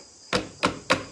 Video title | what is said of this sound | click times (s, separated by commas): How to install a fish graph on a snowmobile | um and then you'll if you listen you'll hear it click | 0.3 s, 0.7 s, 0.9 s